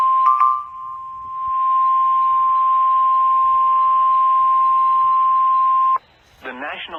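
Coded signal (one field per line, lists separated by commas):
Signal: Emergency Alert System (SAME) tones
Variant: 1050 Hz attention tone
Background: speech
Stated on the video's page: Real alerts including many Severe Thunderstorm Warnings, some received on a model 259 receiver.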